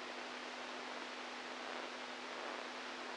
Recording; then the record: brain microelectrode recording played as sound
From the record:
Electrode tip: inside the subthalamic nucleus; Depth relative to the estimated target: 0 mm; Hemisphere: right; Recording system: NeuroSet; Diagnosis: Parkinson's disease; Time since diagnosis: 10 years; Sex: male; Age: 65 years